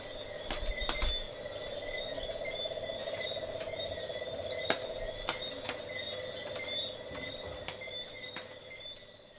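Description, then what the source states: Insects trilling continuously in a pulsed buzzing band, with steady higher tones and sharp clicks scattered throughout. Coastal soundscape.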